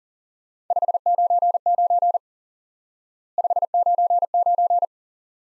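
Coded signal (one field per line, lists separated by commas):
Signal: Morse code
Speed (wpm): 40 wpm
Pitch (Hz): 700 Hz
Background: none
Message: 599 599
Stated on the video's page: Morse lesson drilling the QSO element 599 repeated, for instant word recognition practice.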